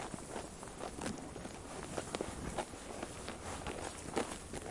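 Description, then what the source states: Sheep chewing, soft grinding crunches broken by a few louder snapping bites near the middle and end. Sheep chewing while eating grass.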